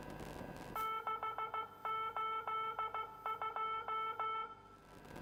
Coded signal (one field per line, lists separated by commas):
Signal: Morse code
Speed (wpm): 16 wpm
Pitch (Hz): 1320 Hz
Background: music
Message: 682